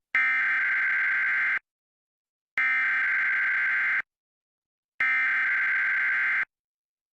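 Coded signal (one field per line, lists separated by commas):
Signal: Emergency Alert System (SAME) tones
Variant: header bursts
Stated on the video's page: Recreated required weekly test.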